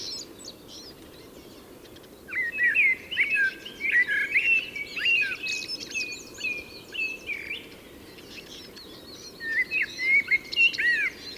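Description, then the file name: Common blackbird song: a run of warbled, whistled phrases dipping and rising, several in quick succession. "Turdus merula"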